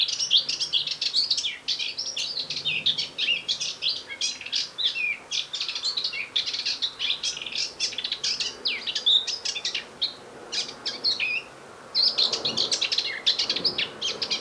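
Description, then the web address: Eurasian blackcap song, a dense, nearly unbroken warble of quick chattering and whistled high notes, with one brief pause near twelve seconds. "SETE Sylvia atricapilla"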